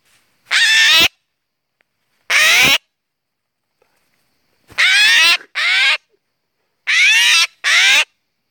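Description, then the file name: Eurasian jay calling with loud, raw, tearing screeches, six half-second bursts, some in quick pairs, separated by silence. "Garrulus glandarius"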